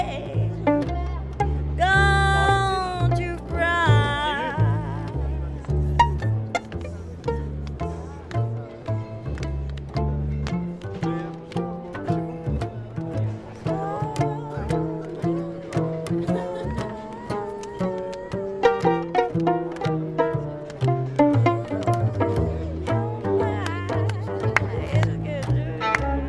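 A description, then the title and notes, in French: Music plays at the Nuit Debout gathering on Place du Bouffay in Nantes, steady and dense throughout, with a regular beat and deep bass notes shifting under it. A bright, wavering voice-like melody rises over the music near the start, then sharp ticking hits continue to the end. Nuit Debout à Nantes Place du Bouffay.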